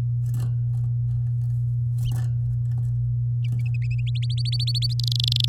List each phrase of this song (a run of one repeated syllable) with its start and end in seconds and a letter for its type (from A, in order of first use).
4.07-4.93 A, 4.99-5.49 B